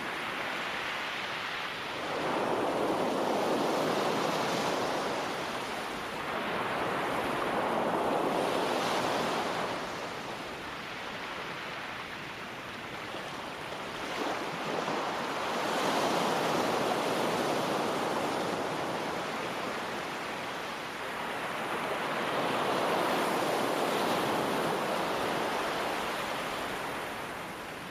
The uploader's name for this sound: Peaceful Ocean Sounds